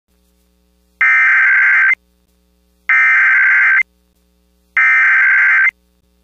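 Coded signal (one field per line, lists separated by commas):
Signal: Emergency Alert System (SAME) tones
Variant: header bursts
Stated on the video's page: Amber Alert heard as an FM radio station's stereo relay, followed by other stations relaying it in a daisy chain.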